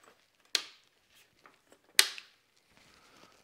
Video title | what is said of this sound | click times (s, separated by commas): Best Laser Level?- KAIWEETS KT360A 360 Degree Green Laser Level- Half the Price of Dewalt Milwaukee | you have that langle locked angle locked into place | 0.5 s, 2.0 s